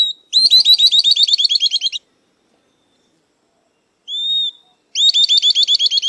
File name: Canto do Risadinha